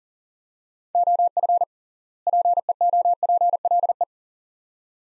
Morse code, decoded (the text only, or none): OF PEOPLE